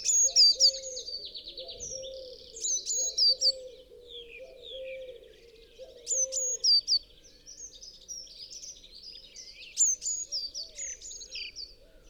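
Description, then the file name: Eurasian Blue Tit calls: thin, high, sharply falling notes in short quick series, mixed with softer twittering, over a steady low warbling hum. "Cyanistes caeruleus"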